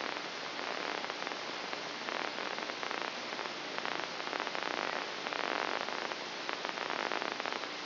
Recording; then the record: brain microelectrode recording played as sound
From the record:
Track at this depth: inside the subthalamic nucleus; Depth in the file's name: 3.114 mm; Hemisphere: left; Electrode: 2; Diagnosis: Parkinson's disease